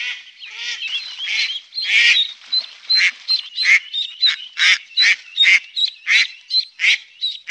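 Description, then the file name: Mallard quacking, harsh nasal calls in a dense, uneven series, growing louder and more rhythmic toward the end. "Grasand"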